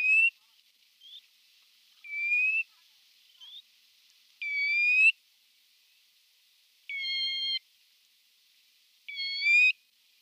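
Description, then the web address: Thick-billed lark calling with a series of tonal notes, some flat and some rising at the end, interspersed with short, softer upslurred notes. Male thick-billed lark giving calls. "Thick-billed Lark male calls"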